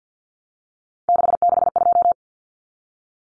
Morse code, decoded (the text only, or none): 662